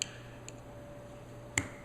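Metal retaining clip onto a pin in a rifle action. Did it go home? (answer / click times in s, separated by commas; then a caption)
yes / 1.6 s. A small metal retaining clip is pushed onto a pin in the action of a Marlin Model 60W rifle with a larger screwdriver instead of fingers, to avoid cutting a hand. A faint steady hum runs under two brief ticks near 0.0 s and 0.5 s. A sharp pop at 1.6 s marks the clip seating on the pin.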